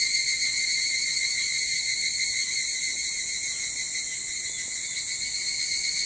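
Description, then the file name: Evening cicada chorus, a steady high ringing drone with layered bands, slightly pulsing throughout without any break. Recorded 22 July 2023 at 04:40. "higurashi 230722 0440"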